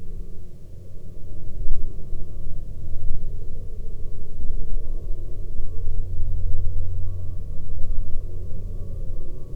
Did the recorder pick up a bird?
no